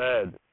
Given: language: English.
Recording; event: throat vibration sensor signal played as sound; speech